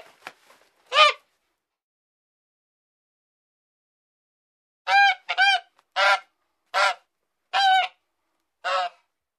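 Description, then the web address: Bird calls: loud nasal honks, one early, then several more after a long pause. "ptici ptici"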